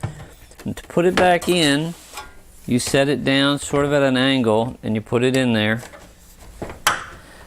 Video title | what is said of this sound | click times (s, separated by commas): Replace Front Circuit Board - 610-385-8080 - www.heat4less.net | and it sort of clicks into place there | 6.9 s